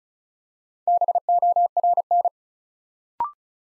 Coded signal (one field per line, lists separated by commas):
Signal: Morse code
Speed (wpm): 36 wpm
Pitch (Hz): 700 Hz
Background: none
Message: BORN